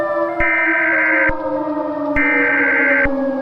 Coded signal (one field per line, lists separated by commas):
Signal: Emergency Alert System (SAME) tones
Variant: header bursts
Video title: EAS Scenario: Earth’s Last Stand (100 SUBSCRIBER SPECIAL!!!)